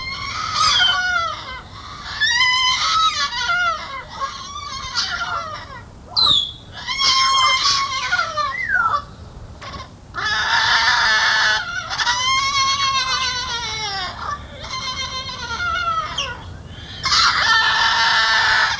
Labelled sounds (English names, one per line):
Salmon-crested Cockatoo call